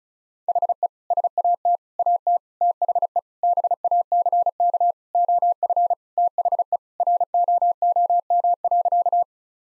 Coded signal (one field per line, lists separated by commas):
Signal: Morse code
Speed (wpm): 36 wpm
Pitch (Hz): 700 Hz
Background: none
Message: HE SAT AT THE BACK OF THE ROOM.